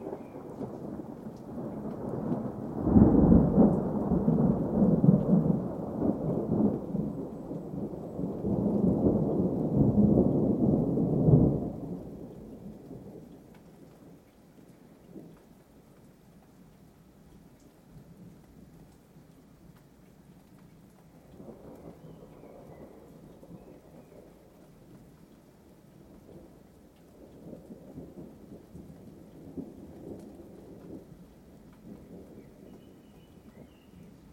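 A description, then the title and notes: A thunderstorm with light rain, where deep rolling thunder booms loudly for the first twelve seconds, then fades into soft steady rain with faint rumbles. Thunderstorm with Light Rain.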